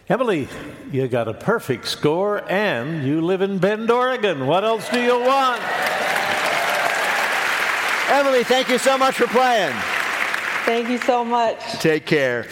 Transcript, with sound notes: Emily, you got a perfect score and you live in Bend, Ore. What else do you want?
(APPLAUSE)
Emily, thank you so much for playing.
Thank you so much.
Take care.